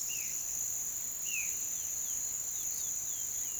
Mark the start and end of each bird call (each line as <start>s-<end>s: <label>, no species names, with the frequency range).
0.00s-3.60s: bird call (1.5-4.5 kHz)